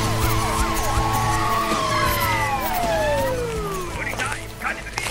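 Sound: police car siren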